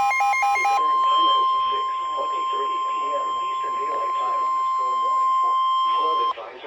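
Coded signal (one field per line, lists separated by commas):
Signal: Emergency Alert System (SAME) tones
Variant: 1050 Hz attention tone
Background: speech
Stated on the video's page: Real severe thunderstorm warnings received during a seabreeze thunderstorm event.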